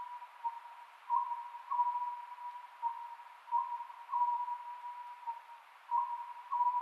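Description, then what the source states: Oriental scops owl hoots in quick two- and three-note phrases, recurring at a steady rhythm every couple of seconds with a continuous hum underneath. Recorded 27 May 2010 at 22:21, at night.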